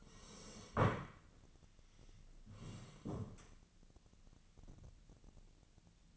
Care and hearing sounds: daily activity, microphone in the room; sit down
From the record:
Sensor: 4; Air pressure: 1013.0 hPa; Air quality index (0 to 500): 170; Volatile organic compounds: 2 ppm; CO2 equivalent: 1078 ppm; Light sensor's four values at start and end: 52/129/54/58 and 53/130/55/59

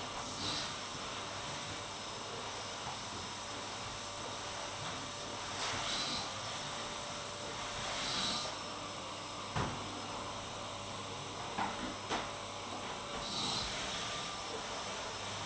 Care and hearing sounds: daily activity, microphone in the room; vacuum cleaning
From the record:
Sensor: 3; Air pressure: 988.7 hPa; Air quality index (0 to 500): 201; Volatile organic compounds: 372 ppm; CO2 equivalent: 4624 ppm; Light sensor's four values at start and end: 22/71/30/25 and 22/72/30/25

